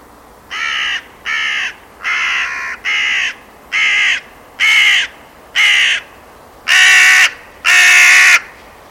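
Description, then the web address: Bird calling nine rasping caws at about one per second, the last two louder and fuller, with faint background hiss. "Deverinetal 2025 File origin Bird Only"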